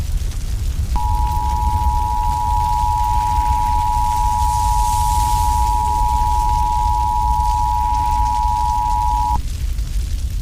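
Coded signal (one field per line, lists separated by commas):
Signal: Emergency Alert System (SAME) tones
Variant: 853 and 960 Hz attention tone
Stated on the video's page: Fictional Emergency Alert System scenario about a sentient fireball attacking North America.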